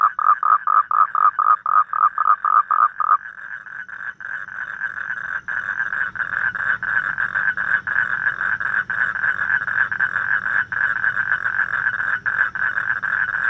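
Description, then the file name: Toad calls begin as separate rapid croaks, then merge into a dense, continuous buzzing trill with faint flickering breaks. "Am thanh tieng Coc keu"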